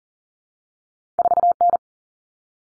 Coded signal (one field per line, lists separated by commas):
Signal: Morse code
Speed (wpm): 40 wpm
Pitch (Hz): 700 Hz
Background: none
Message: 4N